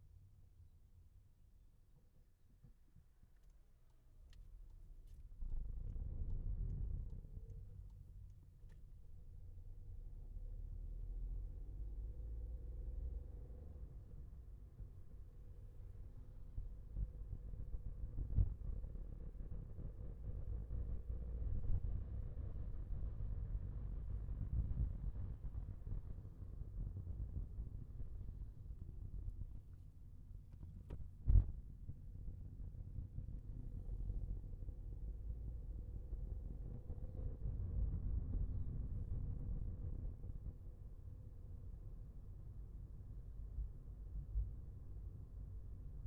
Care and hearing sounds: everyday scene through a hearing-aid microphone; in a vehicle; engine, highway driving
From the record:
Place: Skoda Fabia, gasoline engine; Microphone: behind the ear, left, front

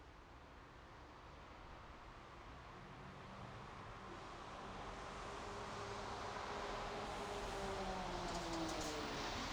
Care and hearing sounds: everyday scene through a hearing-aid microphone; in traffic; traffic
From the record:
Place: bus stop on a city main road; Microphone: in the ear canal, right

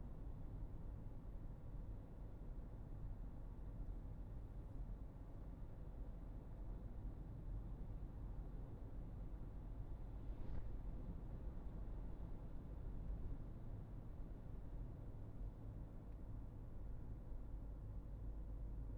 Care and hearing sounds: everyday scene through a hearing-aid microphone; in a vehicle; engine, highway driving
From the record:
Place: Berlingo II, diesel engine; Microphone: behind the ear, right, front

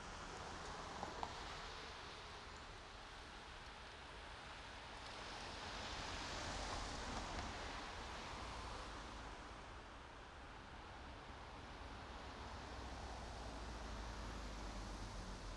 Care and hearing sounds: everyday scene through a hearing-aid microphone; in traffic; traffic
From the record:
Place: main road on the outskirts, rush hour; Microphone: in the ear canal, right

